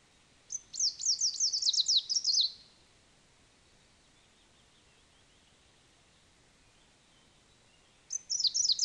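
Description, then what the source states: Greenish warbler song: a hurried, high, jumbled phrase of downslurred notes, then a long quiet pause before the next phrase begins. Subspecies viridanus; song.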